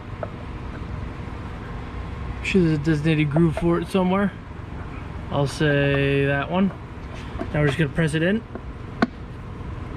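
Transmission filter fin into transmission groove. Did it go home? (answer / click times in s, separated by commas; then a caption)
yes / 9.0 s. A transmission filter fin on a Dodge car transmission is pressed in by hand while someone talks over a low steady hum. A sharp click at 9.0 s marks the fin seating into its groove.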